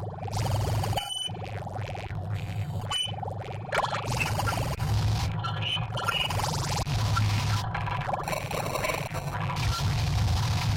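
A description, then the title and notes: Playback equipment is being physically torn apart, a dense, continuous racket of scraping, grinding and crackling with a heavy low rumble underneath. Brief gaps cut through near one and three seconds, and bursts of bright, rattling squeal flare up around four, six and eight seconds. Recorded live at BodyControlled, LEAP. Physically dismembering playback equipment. A reel-to-reel tape recorder is switched on and its mechanism amplified with a variety of microphones while it is taken to pieces.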